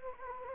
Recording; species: mosquito wingbeat signal from an infrared sensor; Anopheles gambiae